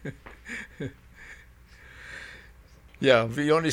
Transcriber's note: he laughs